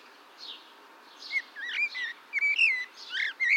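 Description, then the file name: Eurasian blackbird song: a quick run of rising and falling whistled notes mixed with higher squeaky twitters. "Turdus merula"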